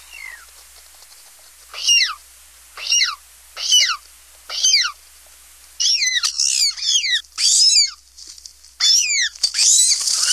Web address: Songs of Birds of North America Stokes. Ivory Gull